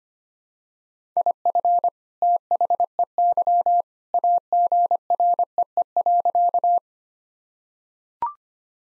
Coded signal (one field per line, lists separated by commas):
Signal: Morse code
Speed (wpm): 25 wpm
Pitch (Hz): 700 Hz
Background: none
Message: IF THEY AGREE.